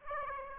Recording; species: mosquito wingbeat signal from an infrared sensor; Aedes aegypti